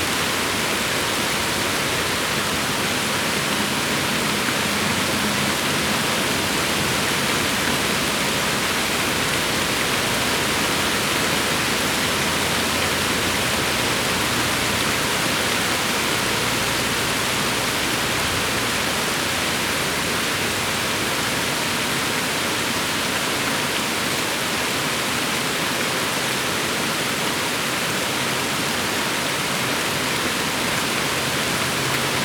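Rain falls in a steady, dense hiss that stays even from start to finish, with no breaks or swells. The sound is full and bright, like a constant downpour, with only a faint low murmur underneath.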